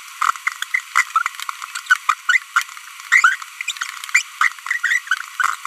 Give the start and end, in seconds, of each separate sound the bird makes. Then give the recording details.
0.74-0.79, 0.96-1.03, 1.90-1.96, 2.09-2.14, 2.29-2.37, 2.56-2.62, 3.12-3.35, 3.68-3.71, 4.14-4.21, 4.41-4.52, 4.84-4.98, 5.40-5.54. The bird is a female. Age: 25 days. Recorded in a nest box in Venezuela. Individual 17B42B1